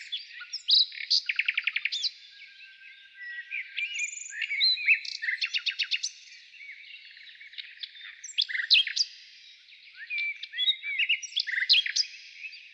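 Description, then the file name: Nightingale singing a varied song of rapid pulsed trills, whistled slurs and sharp chirps, with pauses between the phrases. Heard in the morning. "Utro i solovey"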